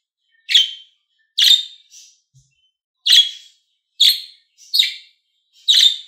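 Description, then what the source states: Lovebird giving harsh, shrill screeching chirps, six sharp calls at irregular intervals of about a second, with a few faint softer notes between them. Described as a happy lovebird.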